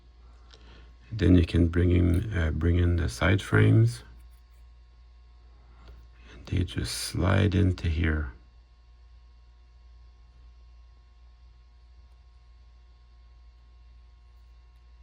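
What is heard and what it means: Someone talks while plastic side frames are slid into a model locomotive chassis and lined up before being pushed home. After the talking, the rest of the clip is near silent, and the side frames have not clicked into place yet.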